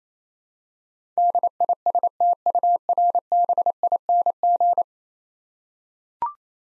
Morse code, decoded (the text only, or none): DISTURBING